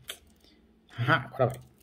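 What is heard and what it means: A plastic brake light bulb socket is being handled at the tail lamp housing of a VW Virtus, with a sharp tap near 0.1 s and faint small handling noises. Someone talks from about 1.0 s to 1.6 s. The clip ends before the socket is twisted in, and nothing has seated or clicked yet.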